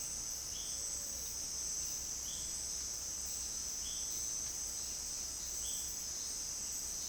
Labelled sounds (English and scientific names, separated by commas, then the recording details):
none
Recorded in dense forest near Puerto Asís, Putumayo, Colombia, on 18 February 2024 at 17:30
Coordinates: 0.481, -76.318
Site G6421